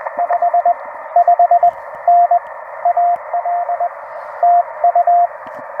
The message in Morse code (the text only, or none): 55N AL TU